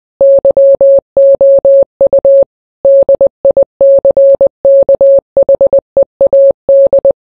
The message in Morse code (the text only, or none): YOU DICKHEAD